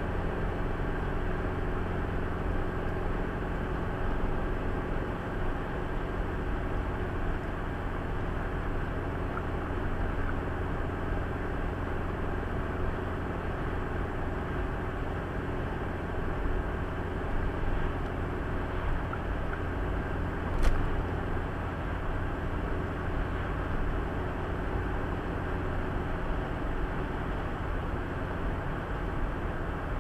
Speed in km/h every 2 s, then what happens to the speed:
81, 81, 82, 81, 80, 80, 80, 80, 80, 80, 80, 80, 81, 81, 81.
0-30 steady at about 80.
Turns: none.